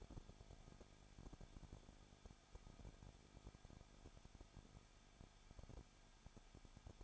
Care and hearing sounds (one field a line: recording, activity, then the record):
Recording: daily activity, microphone in the room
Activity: no activity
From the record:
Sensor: 5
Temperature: 20.9 degrees Celsius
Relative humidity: 35.1%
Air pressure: 994.6 hPa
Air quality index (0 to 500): 153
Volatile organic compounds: 2 ppm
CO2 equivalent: 1280 ppm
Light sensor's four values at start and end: 2/3/1/1 and 2/3/1/1